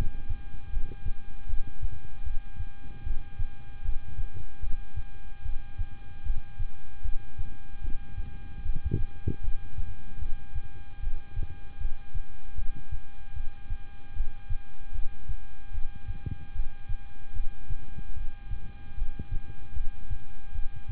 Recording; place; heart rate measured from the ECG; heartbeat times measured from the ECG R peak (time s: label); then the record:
heart sounds by stethoscope; between the tricuspid and mitral areas; 76 bpm
0.70 s: heartbeat
1.46 s: heartbeat
2.23 s: heartbeat
3.03 s: heartbeat
3.82 s: heartbeat
4.60 s: heartbeat
5.42 s: heartbeat
6.23 s: heartbeat
7.02 s: heartbeat
7.81 s: heartbeat
8.62 s: heartbeat
9.41 s: heartbeat
10.19 s: heartbeat
11.00 s: heartbeat
11.78 s: heartbeat
12.55 s: heartbeat
13.33 s: heartbeat
14.13 s: heartbeat
14.92 s: heartbeat
15.71 s: heartbeat
16.52 s: heartbeat
17.33 s: heartbeat
18.14 s: heartbeat
18.95 s: heartbeat
19.73 s: heartbeat
20.52 s: heartbeat
From the record:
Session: rest, lying down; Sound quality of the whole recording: good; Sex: male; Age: 26 years